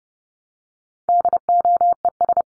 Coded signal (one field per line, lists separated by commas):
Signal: Morse code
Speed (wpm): 30 wpm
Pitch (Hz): 700 Hz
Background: none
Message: DOES